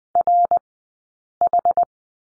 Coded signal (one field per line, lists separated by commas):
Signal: Morse code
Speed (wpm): 20 wpm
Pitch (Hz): 700 Hz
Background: none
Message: RH